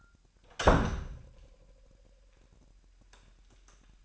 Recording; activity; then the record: daily activity, microphone in the room; close door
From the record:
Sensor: 2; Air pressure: 998.2 hPa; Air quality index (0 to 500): 142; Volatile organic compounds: 4 ppm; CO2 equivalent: 1606 ppm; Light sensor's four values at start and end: 11/34/13/13 and 11/34/13/13